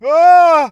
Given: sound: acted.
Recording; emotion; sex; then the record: nonverbal affect burst; fear; male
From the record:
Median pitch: 324 Hz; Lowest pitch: 118 Hz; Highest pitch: 359 Hz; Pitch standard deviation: 53 Hz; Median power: 85.0 dB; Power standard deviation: 12.2 dB